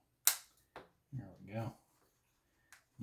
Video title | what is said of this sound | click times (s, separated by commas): Diamond Coal 5 Starting to assemble finally.... | Nice. Snap into place. | 0.3 s